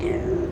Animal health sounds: contact call of a hoofed animal; pig; closed-mouth grunt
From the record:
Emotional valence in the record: negative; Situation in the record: short social isolation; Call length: 0.52 s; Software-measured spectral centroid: 1310 Hz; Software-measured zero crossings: 770 a second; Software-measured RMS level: -24 dBFS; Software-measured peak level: -14 dBFS

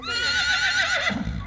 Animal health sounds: contact call of a hoofed animal; Przewalski's horse; whinny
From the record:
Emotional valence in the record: negative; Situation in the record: group separation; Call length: 1.46 s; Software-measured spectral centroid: 2990 Hz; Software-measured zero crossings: 3910 a second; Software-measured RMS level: -24 dBFS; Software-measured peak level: -10 dBFS

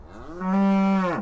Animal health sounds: contact call of a hoofed animal; cattle; low-frequency (closed-mouth) or high-frequency (open-mouth) call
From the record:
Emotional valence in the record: negative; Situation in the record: physical separation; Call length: 1.22 s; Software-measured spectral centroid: 1530 Hz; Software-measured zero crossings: 780 a second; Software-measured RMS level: -23 dBFS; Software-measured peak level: -17 dBFS

